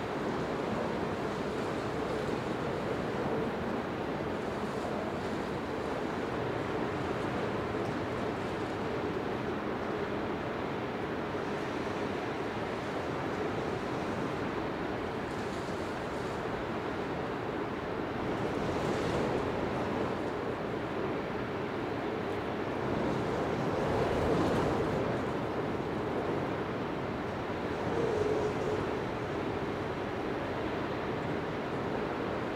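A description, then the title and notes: Strong wind roars steadily through trees, a dense low rushing with brief louder gusts around nineteen, twenty-four and twenty-eight seconds. Strong Wind Howling Through Trees Noise.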